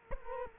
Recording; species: mosquito wingbeat signal from an infrared sensor; Culex quinquefasciatus